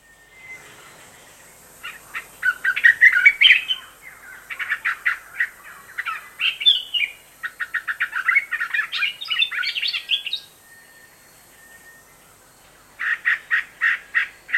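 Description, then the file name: Bird chirps: bright twittering bursts of rapid notes in several runs with short pauses between, ending in a final quick series of sharp chirps. "madar bbc"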